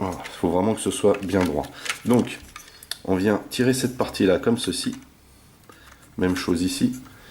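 Someone talks while handling a Wei Jiang Deformation Era MPP10 transforming plastic robot toy, pulling out a section that will be pivoted into place, with light plastic handling sounds between the speech. The clip ends before the part goes home, so nothing has seated or clicked yet.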